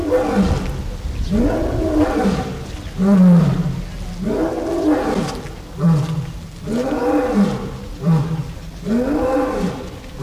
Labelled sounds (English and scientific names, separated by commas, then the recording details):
Lion (Panthera leo) call
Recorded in captivity
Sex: male
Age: adult
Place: Zoo Berlin, Berlin, DE
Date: 2008-09-05 14:20
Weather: partly cloudy, ca. 23°C
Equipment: Sony WM-D6C, Sennheiser ME 80, Kopie Uher 4000 Report Monitor
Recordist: Tembrock, Günter